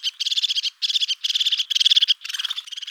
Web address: Parus cristatus